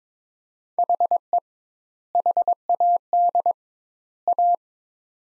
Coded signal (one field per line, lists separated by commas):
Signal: Morse code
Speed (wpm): 22 wpm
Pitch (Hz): 700 Hz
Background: none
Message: HE HAD A